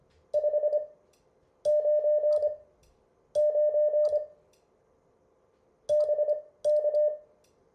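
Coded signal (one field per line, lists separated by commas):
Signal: Morse code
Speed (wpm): 24 wpm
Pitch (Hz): 600 Hz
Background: none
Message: 599 BK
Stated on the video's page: Morse code lesson material from a class session.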